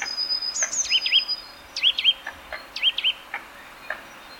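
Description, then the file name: Eurasian nuthatch calls: short sharp high notes followed by repeated pairs of wavering, looping whistles, then a few scattered clicks. "Sitta europaea"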